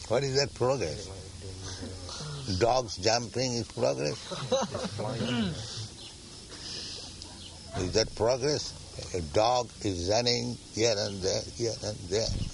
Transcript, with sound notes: What is that progress? Dog's jumping is progress? [laughter] Is that progress? A dog is running here and there, here and there,